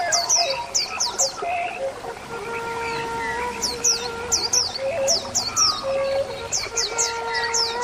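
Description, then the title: Oriental magpie-robin song: quick bursts of several sharp, high downslurred whistles, repeated in short series, over steady lower humming tones. Song (kicau). "Kicau Kacer Durasi Panjang 1jam Lebih"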